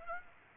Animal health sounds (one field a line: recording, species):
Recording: mosquito wingbeat signal from an infrared sensor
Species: Aedes aegypti